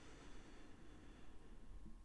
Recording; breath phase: one breath near a microphone; inhalation